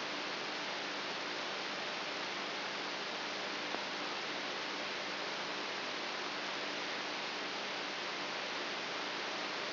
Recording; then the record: brain microelectrode recording played as sound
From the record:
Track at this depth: inside the subthalamic nucleus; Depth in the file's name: 2.84 mm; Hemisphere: right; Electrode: 3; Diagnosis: Parkinson's disease